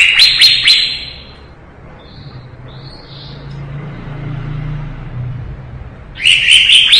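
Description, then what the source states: Leafbird song, a dense rapid burst of high chirps at the start and another at the end, separated by several seconds of quiet with low background hum. Lively singing (gacor), 2017.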